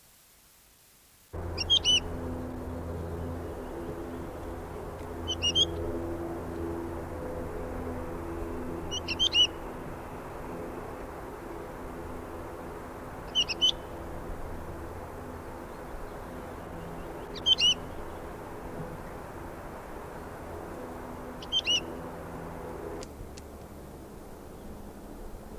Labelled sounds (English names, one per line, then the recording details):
Wood Lark call
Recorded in the wild
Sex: male
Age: adult
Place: Erlangen, Bayern, DE
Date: 1965-05-01
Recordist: Tretzel, Erwin